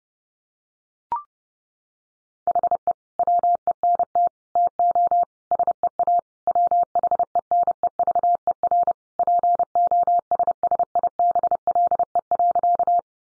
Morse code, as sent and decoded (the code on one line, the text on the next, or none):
.... . / .-- . -. - / - --- / ... . .- / .-- .... . -. . ...- . .-. / .--. --- ... ... .. -... .-.. . .-.-.-
HE WENT TO SEA WHENEVER POSSIBLE.